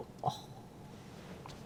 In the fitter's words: 뭔가 잠기는 소리가 나는데. 네, 맞아요. 지금 문이 잠겼어요.